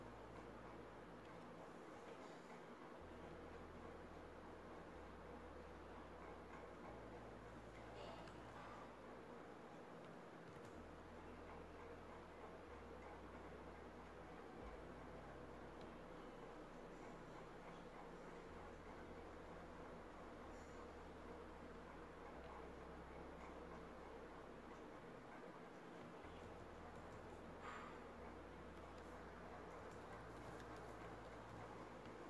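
A cozy home ambience built on a steady, dense, warm rumble, like a train or heavy rain indoors. Soft low bass tones shift every couple of seconds underneath, and a few faint clicks stand out near 8, 15 and 28 seconds.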